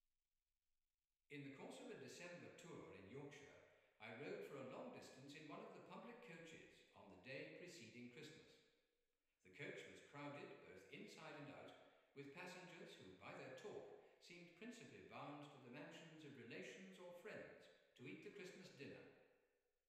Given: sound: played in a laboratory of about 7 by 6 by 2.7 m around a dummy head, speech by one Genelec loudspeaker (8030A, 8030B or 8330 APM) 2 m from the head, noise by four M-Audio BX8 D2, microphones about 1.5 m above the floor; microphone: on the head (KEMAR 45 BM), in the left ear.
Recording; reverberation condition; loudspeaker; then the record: male speech in English; high; in front (0 degrees)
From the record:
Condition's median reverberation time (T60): about 1300 ms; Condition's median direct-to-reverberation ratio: about -4.0 dB